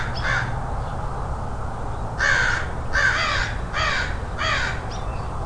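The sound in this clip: Crow cawing: a short caw followed by four harsh caws about every three quarters of a second, over low background rumble.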